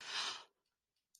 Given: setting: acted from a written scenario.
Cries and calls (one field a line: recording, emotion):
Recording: vocal sound without words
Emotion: awe